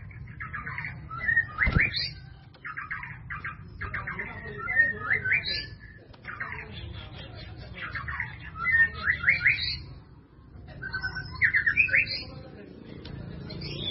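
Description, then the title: White-rumped Shama song: bursts of varied, rapid whistled and chattering phrases in groups of a few seconds, separated by short pauses, over a steady low hum. "murai batu"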